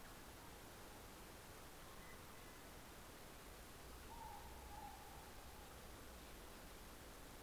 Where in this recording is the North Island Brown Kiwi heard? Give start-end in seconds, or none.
none